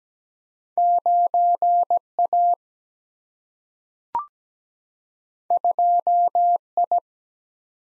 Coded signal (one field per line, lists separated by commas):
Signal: Morse code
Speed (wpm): 17 wpm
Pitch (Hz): 700 Hz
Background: none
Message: 9 A 2 I